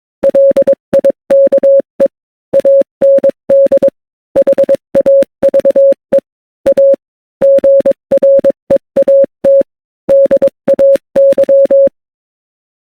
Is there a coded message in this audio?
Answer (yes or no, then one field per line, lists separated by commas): yes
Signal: Morse code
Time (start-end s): 0.2-11.9 s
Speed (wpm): 22 wpm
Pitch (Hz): 550 Hz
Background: none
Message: LIKE AND HAVE A GREAT DAY